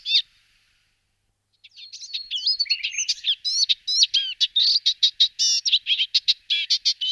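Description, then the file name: Eastern olivaceous warbler song, a fast chattering run of scratchy, buzzy and looping notes that keeps going steadily after a brief opening note and a pause. "Sedmihlasek sedy Hippolais pallida"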